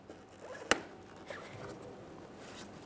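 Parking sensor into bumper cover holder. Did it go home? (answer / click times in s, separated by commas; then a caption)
yes / 0.7 s, 2.6 s. A rear parking sensor on a 2013-2020 Ford Fusion is lined up and pressed into the two locking tabs of its holder in the plastic bumper cover. A sharp click sounds at 0.7 s and a softer one at 2.6 s over light handling noise. The sensor is seated in both tabs.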